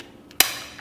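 A fixed-blade knife is pushed into its plastic sheath with a retention lock. A faint tick comes at 0.3 s, then a sharp, bright snap at 0.4 s that rings out and fades over the rest of the clip. The blade locks into the sheath at 0.4 s.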